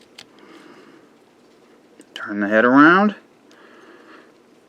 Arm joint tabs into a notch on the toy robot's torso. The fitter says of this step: They will lock into place with those tabs right there into that notch.